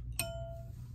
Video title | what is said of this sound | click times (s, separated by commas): How to thread and wind bobbin on Juki TL-2010/ TL-18/ TL-2000 | you can hear it click and then you're gonna go pulling it up you're gonna go through this guide right up here just | 0.2 s